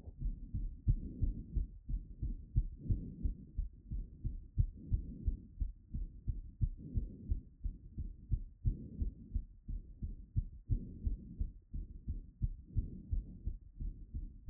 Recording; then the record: heart sounds by stethoscope after running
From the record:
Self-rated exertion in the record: moderate exertion (3 of 6); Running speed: 7 mph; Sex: female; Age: 33 years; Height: 155 cm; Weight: 48 kg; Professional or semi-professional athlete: no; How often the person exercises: 3 to 5 times a week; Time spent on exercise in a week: under 1 hour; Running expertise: no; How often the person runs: under once a week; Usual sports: hiking, cycling